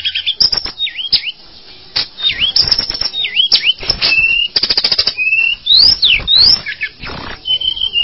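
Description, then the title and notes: Bird song: dipping whistled notes, rapid rattles and a few sharp rising and falling sweeps in quick succession. "Bird Sound. Kicau Burung Lengkap"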